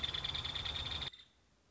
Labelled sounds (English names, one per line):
Nuttall's Woodpecker